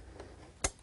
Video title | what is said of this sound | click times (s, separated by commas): BuildAPC Repair and Upgrading | until you hear them click into place and then i do the i'll do these two corners until | 0.7 s